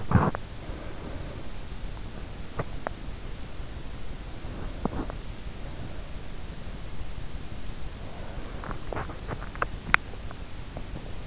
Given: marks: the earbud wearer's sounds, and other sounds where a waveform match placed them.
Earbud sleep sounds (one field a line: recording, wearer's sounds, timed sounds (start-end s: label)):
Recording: sounds in sleep by an in-ear microphone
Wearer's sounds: body movement, breath, teeth grinding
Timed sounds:
0.00-0.58 s: body movement
0.58-3.29 s: breath
2.36-3.07 s: teeth grinding
4.01-6.64 s: breath
4.63-5.35 s: teeth grinding
7.75-9.45 s: breath
8.51-11.27 s: teeth grinding